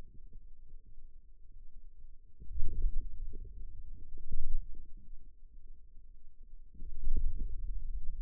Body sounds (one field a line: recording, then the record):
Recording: forearm muscle sounds (acoustic myography)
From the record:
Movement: wrist extension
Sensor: system 2, bracelet of six BSWA MPA416 microphones around the upper forearm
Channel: 2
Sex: male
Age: 22 years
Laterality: right